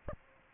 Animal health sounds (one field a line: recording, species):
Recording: mosquito wingbeat signal from an infrared sensor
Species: Aedes aegypti